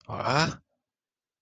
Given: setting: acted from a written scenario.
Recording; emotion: vocal sound without words; negative surprise